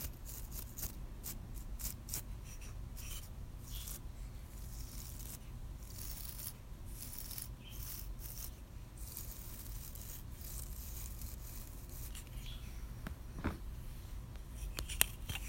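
A paintbrush sweeps across a wall in irregular strokes, each a short, bright scratchy rasp, coming every second or so and sometimes in quicker bunches. A steady low rumble runs underneath throughout, and a few sharp ticks stand out near the end.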